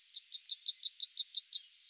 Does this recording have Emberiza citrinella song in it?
yes